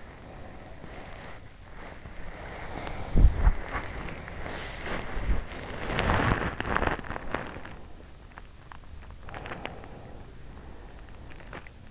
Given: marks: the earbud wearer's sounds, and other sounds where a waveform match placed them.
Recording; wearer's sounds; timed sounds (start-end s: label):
sounds in sleep by an in-ear microphone; breath, body movement
0.00-1.51 s: breath
1.70-8.48 s: body movement
9.31-11.91 s: breath